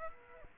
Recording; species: mosquito wingbeat signal from an infrared sensor; Aedes aegypti